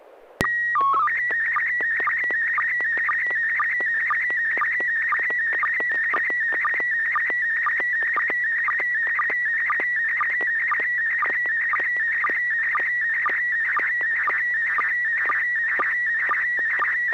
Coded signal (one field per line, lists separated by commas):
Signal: SSTV (slow-scan television)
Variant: PD 120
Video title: N6NA SSTV Net - 10/20/2021